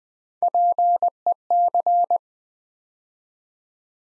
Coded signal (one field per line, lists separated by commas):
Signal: Morse code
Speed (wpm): 20 wpm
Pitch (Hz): 700 Hz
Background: none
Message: PEC